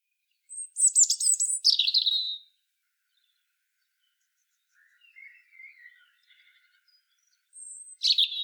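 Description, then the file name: European robin singing a sweet, high warble that drops in pitch, then soft faint twittering, and a new high phrase starting at the end. "Erithacus rubecula"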